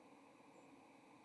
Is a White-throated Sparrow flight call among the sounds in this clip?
yes